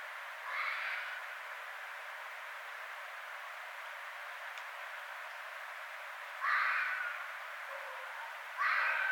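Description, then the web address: Red fox calling with three rasping, scratchy barks spaced irregularly, the last two closer together, over a constant low hiss. Recorded on 6 February 2012. "Red Fox 2012 02 06 Red Fox 01"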